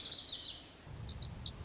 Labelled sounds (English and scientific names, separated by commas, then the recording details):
Lazuli Bunting (Passerina amoena)
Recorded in Sonoma County, California